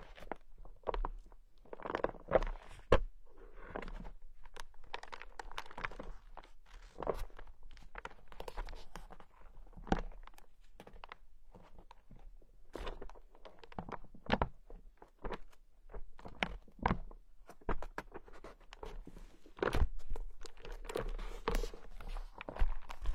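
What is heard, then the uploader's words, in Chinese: Pages turn and paper rustles, with dry crisp flicks and soft shuffling bursts coming every second or so across the whole stretch. Occasional sharper taps and thumps stand out, over a faint low hum. 翻书声。纸音。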